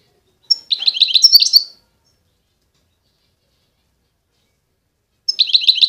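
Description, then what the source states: European goldfinch twitter: a short, liquid burst of chirps, a pause of several seconds, then a fast tinkling trill begins. Wild bird.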